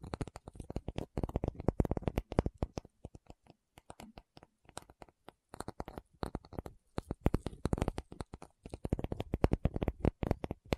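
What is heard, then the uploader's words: Rapid fingertip tapping comes in dense, irregular bursts with brief pauses, each tap crisp and clicky, varying in pace throughout. Tapping Session (No Talking).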